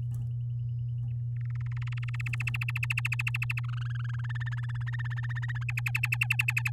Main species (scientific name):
Serinus canaria